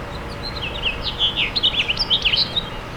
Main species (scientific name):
Haemorhous mexicanus